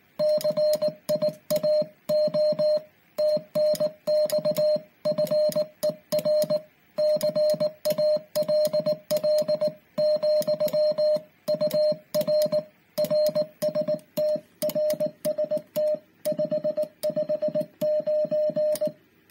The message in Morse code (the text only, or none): CIAO TNX FER CALL, UR RST RST 559